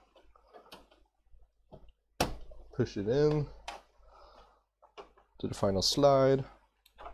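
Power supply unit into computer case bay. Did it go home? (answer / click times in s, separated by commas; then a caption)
no / none. A power supply unit is handled and slid toward its bay in a computer case while someone talks, with soft scrapes and light knocks and a sharp knock at about 2.2 s. Nothing has seated or clicked into place yet.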